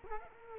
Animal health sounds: mosquito wingbeat signal from an infrared sensor; Culex quinquefasciatus

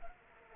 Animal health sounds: mosquito wingbeat signal from an infrared sensor; Culex pipiens

